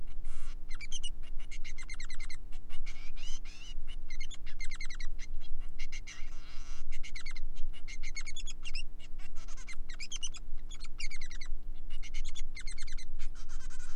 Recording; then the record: song of a male Bengalese finch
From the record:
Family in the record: son of father 3